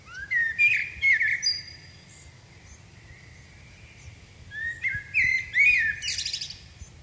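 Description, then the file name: Common blackbird sings two separate warbled phrases with squeaky endings, with a pause between them. "Turdus merula"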